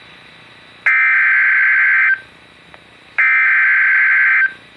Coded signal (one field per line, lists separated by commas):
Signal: Emergency Alert System (SAME) tones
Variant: header bursts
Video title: EAS #39 - Severe Thunderstorm Warning